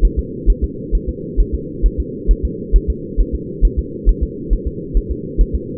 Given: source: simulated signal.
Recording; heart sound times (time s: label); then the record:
fetal heart sounds
0.05 s: S1
0.19 s: S2
0.50 s: S1
0.64 s: S2
0.95 s: S1
1.09 s: S2
1.40 s: S1
1.55 s: S2
1.86 s: S1
2.00 s: S2
2.31 s: S1
2.45 s: S2
2.76 s: S1
2.90 s: S2
3.20 s: S1
3.35 s: S2
3.65 s: S1
3.79 s: S2
4.09 s: S1
4.23 s: S2
4.53 s: S1
4.67 s: S2
4.97 s: S1
5.11 s: S2
5.41 s: S1
5.55 s: S2
From the record:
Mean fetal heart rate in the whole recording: 135 bpm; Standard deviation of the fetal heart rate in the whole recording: 3 bpm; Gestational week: 36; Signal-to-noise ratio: -4.1 dB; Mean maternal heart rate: no maternal heart sound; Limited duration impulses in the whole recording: absent